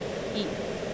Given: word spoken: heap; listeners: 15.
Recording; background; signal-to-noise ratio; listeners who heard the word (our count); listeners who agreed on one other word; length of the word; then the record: one English word in noise, from a listening test; speech-shaped noise; -4.1 dB; 3 of 15; 6 of 15; 0.54 s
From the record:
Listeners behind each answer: 6, 3, 2, 1, 1, 1, 1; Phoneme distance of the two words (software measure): 10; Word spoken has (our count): 1 syllable, 3 phonemes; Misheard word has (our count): 1 syllable, 3 phonemes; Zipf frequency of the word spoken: 3.69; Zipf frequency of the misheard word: 4.76